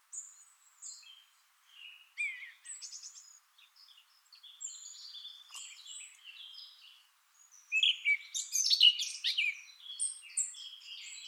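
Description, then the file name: Eurasian blackcap song, scattered soft chirps and short twitters, then a louder burst of tangled warbling notes near the end. "Sylvia atricapilla"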